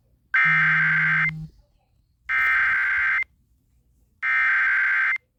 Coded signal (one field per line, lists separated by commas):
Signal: Emergency Alert System (SAME) tones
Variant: header bursts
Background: speech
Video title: Eas Frw On Wjon Eas#614